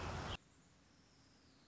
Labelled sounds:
American Robin
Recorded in Sonoma County, California

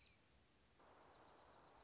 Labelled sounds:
Dark-eyed Junco
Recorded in Sonoma County, California

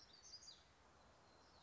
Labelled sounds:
Black-throated Gray Warbler
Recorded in Sonoma County, California

